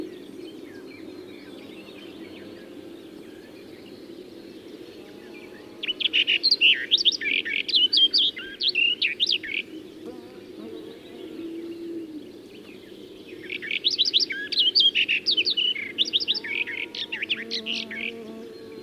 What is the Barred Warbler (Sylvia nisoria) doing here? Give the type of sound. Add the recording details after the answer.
song. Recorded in the wild. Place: Anklam, Mecklenburg-Vorpommern, DE. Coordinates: 53.812, 13.861. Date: 1980-05-25. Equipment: Nagra III BH, Sennheiser MD 21, parabola. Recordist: Schubert, Michael